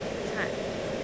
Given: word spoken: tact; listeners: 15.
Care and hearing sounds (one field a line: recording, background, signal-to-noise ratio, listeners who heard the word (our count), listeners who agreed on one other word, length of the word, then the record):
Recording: one English word in noise, from a listening test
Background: speech-shaped noise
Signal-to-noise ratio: -6.0 dB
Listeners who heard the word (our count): 2 of 15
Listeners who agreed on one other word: 6 of 15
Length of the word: 0.64 s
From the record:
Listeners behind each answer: 6, 4, 2, 2, 1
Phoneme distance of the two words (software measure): 14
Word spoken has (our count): 1 syllable, 4 phonemes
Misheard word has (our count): 2 syllables, 4 phonemes, stress on syllable 2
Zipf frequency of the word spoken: 2.88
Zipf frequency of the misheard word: 4.90